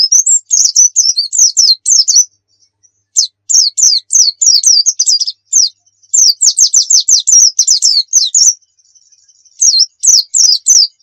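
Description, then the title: White-eye song: long, lively sequences of high, rapid slurred whistles and chips, with brief pauses and a thin sustained note between phrases. Muria-type white-eye (pleci Muria) singing actively (gacor); masteran recording meant for training pet birds to sing. "Pleci Muria Gacor"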